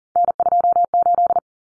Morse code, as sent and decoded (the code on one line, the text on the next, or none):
-. ..--- ---..
N28